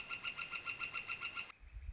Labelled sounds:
Northern Flicker

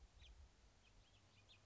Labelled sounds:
House Finch

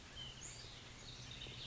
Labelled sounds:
White-breasted Nuthatch

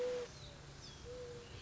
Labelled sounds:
Mourning Dove

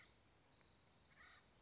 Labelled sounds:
Acorn Woodpecker

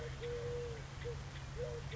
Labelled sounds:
Mourning Dove

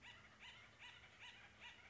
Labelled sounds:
Acorn Woodpecker

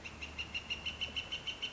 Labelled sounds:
Northern Flicker

